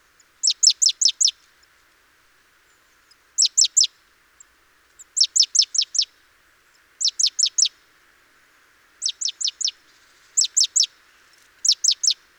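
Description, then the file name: Great tit: repeated bursts of three to five sharp, high notes separated by short pauses, over a soft background hum. "Parus major"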